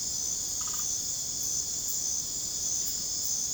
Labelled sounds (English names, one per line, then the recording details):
none
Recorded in secondary vegetation near Puerto Asís, Putumayo, Colombia, on 21 December 2024 at 20:00
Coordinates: 0.489, -76.322
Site G059